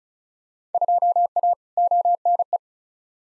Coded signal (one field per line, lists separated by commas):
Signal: Morse code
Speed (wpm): 36 wpm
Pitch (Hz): 700 Hz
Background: none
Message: 2A ONE